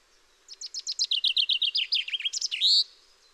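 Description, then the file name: Common chaffinch song: a bright, rattling series of quick notes descending in steps, then ending with an emphatic rising flourish, lasting about two and a half seconds. "Fringilla coelebs"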